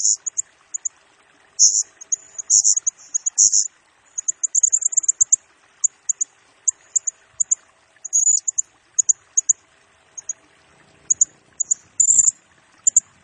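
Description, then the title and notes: Blue-crowned hanging parrot uttering piercing high-pitched squeaks and fast trilled chatters, spaced irregularly throughout. Used as a lure and for training, provoking other birds; the singing bird is in full voice (gacor) and fires rapid bursts (nembak). "Burung Serindit Nembak Gacor Bikin Emosi Semua Burung. Suara Nasteran Dan Pemikat Burung Serinditan Gacor"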